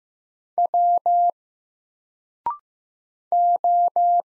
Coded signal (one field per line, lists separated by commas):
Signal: Morse code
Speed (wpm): 15 wpm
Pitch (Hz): 700 Hz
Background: none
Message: W O